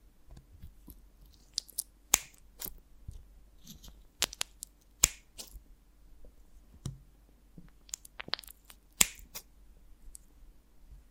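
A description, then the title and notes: Honeycomb on a branch handled in sharp, sticky crackles and snaps, irregular bursts every second or so, with a steady low hum underneath. ASMR of a Honeycomb on Branch (No Talking).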